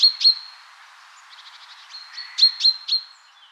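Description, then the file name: Common chaffinch uttering crisp, ringing call notes, with a faint rapid series of softer notes between, then three sharp calls in quick succession. "Fringilla coelebs"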